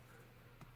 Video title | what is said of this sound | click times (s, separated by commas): Olympus Camera for Intraoral (and Extraoral) Photography | line those up and you should feel that click into place | 0.6 s